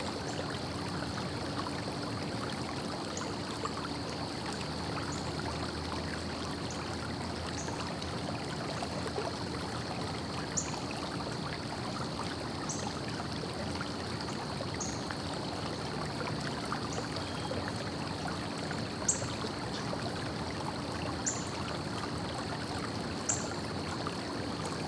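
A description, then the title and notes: A creek runs steadily throughout, a dense, even rush of water with no breaks. Crickets hold a constant, unbroken high trill over it, and faint brief chirps flick in at the top every second or two. A low steady hum sits underneath. Crickets and the Creek.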